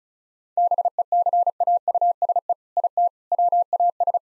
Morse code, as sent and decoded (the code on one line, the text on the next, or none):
-... . -.-. .- ..- ... . / .. - / .-- .- ...
BECAUSE IT WAS